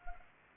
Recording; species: mosquito wingbeat signal from an infrared sensor; Anopheles arabiensis